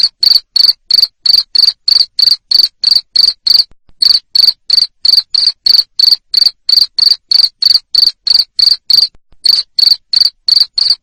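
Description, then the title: Cricket chirps, sharp high pulses in a brisk even rhythm, roughly three a second, broken by two brief pauses. Loud cricket chirping used to make lovebirds sing continuously. "Suara JANGKRIK NGERIK Keras Bikin LOVEBIRD Jadi NGEKEK Terus Vubey"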